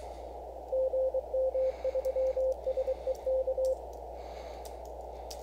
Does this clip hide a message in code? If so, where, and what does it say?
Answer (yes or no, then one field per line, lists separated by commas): yes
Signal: Morse code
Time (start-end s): 0.7-3.7 s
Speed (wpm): 23 wpm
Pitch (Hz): 520 Hz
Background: radio noise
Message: GM3SEK